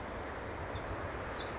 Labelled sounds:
Pacific Wren
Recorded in Sonoma County, California

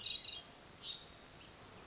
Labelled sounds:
Hermit Thrush
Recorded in Sonoma County, California

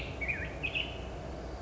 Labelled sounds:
Black-headed Grosbeak
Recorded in Sonoma County, California

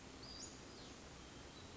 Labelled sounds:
Western Flycatcher
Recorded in Sonoma County, California

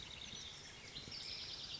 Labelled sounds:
Oak Titmouse
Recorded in Sonoma County, California

